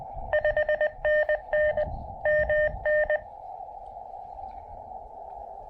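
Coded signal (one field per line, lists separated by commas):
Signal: Morse code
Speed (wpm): 18 wpm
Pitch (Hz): 590 Hz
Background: none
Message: 5NN MN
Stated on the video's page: Quick QRP Parks on the Air activation with an Elecraft KX2 set up on a knee board.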